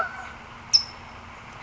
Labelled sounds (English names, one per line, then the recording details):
California Towhee
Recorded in Sonoma County, California